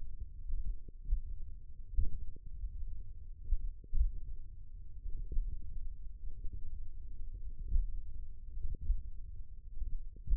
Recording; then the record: forearm muscle sounds (acoustic myography)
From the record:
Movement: tripod grip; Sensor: system 1, eight BSWA MPA416 microphones around the upper forearm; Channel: 7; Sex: male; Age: 20 years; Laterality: left